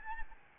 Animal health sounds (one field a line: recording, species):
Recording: mosquito wingbeat signal from an infrared sensor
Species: Aedes albopictus